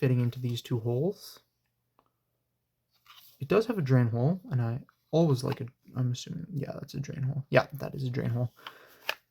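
A Milwaukee Tradesman fixed-blade knife is handled beside its plastic sheath, which has two retention holes for the guard and a drain hole, while someone talks throughout. The knife has not yet seated or clicked into the sheath by the end of the clip.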